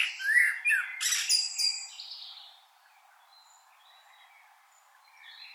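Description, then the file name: Common blackbird phrase: a low whistled warble sliding into a bright, scratchy high twitter, then near quiet with faint bird notes. "Turdus merula"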